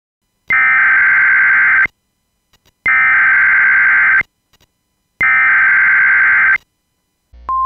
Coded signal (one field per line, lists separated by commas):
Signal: Emergency Alert System (SAME) tones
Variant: header bursts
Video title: EAS Scenario #5: The Tornado Outbreak